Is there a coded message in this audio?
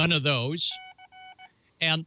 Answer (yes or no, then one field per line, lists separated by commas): no